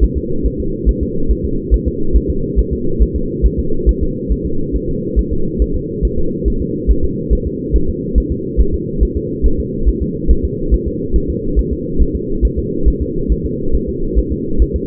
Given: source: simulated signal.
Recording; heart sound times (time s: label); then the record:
fetal heart sounds
0.04 s: S1
0.17 s: S2
0.46 s: S1
0.60 s: S2
0.89 s: S1
1.03 s: S2
1.31 s: S1
1.45 s: S2
1.74 s: S1
1.88 s: S2
2.16 s: S1
2.30 s: S2
2.59 s: S1
2.73 s: S2
3.02 s: S1
3.16 s: S2
3.46 s: S1
3.59 s: S2
3.89 s: S1
4.03 s: S2
4.32 s: S1
4.46 s: S2
4.76 s: S1
4.89 s: S2
5.19 s: S1
5.33 s: S2
5.62 s: S1
5.76 s: S2
6.05 s: S1
6.19 s: S2
6.48 s: S1
6.62 s: S2
6.91 s: S1
7.04 s: S2
7.33 s: S1
7.47 s: S2
7.76 s: S1
7.89 s: S2
8.18 s: S1
8.32 s: S2
8.60 s: S1
8.74 s: S2
9.03 s: S1
9.17 s: S2
9.46 s: S1
9.60 s: S2
9.89 s: S1
10.02 s: S2
10.31 s: S1
10.45 s: S2
10.74 s: S1
10.88 s: S2
11.16 s: S1
11.30 s: S2
11.59 s: S1
11.73 s: S2
12.02 s: S1
12.16 s: S2
12.45 s: S1
12.59 s: S2
12.88 s: S1
13.02 s: S2
13.32 s: S1
13.46 s: S2
13.75 s: S1
13.89 s: S2
14.19 s: S1
14.32 s: S2
14.62 s: S1
14.76 s: S2
From the record:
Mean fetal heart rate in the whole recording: 140 bpm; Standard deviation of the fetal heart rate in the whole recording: 2 bpm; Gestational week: 34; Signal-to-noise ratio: -8.1 dB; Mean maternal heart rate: 72 bpm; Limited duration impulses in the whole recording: absent